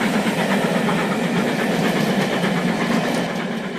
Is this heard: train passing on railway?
yes